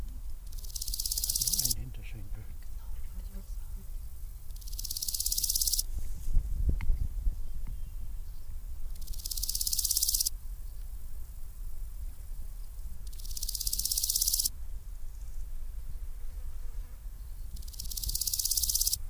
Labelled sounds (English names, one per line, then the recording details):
Large Gold Grasshopper stridulation
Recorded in the wild
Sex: male
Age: imago
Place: Lübars (Fließtal), Berlin, DE
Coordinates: 52.6167, 13.35
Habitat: Feuchtbiotop
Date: 1998-08-10 12:53
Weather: sonnig, 24°C
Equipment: Sony MD-WM MZ-R3, Sennheiser ME 80, Kopie Uher 4000 Report Monitor
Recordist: Tembrock, Günter